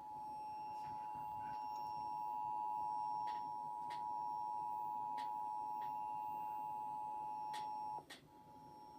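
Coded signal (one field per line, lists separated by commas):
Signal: Emergency Alert System (SAME) tones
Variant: 853 and 960 Hz attention tone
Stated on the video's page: EAS tones from tests of a SAGE 1822 EAS Endec, including failed tests.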